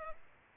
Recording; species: mosquito wingbeat signal from an infrared sensor; Culex pipiens